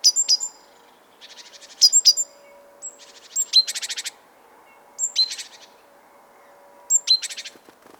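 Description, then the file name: Great tit calls: sharp high chirps mixed with buzzy churring rattles, several bursts spread throughout, with a soft low hum behind. "Parus major"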